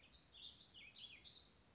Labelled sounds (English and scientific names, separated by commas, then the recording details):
Warbling Vireo (Vireo gilvus)
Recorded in Sonoma County, California